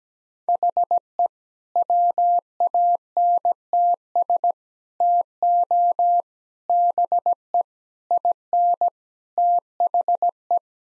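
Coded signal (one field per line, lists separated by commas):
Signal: Morse code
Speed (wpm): 17 wpm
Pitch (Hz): 700 Hz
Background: none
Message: HE WANTS TO BE IN THE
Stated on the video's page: Morse practice of sentences containing common four-word phrases at 17 wpm, sent, spoken, then sent again.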